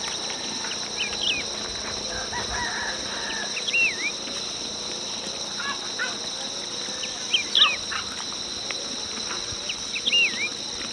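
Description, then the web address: Wedge-tailed grass-finch calls: short, sharp, twisting notes given irregularly over a steady high insect drone. Recorded in Ecuador. "Natures Songs S America Birds of Ecuador. Wedge-Tailed Grass-Finch"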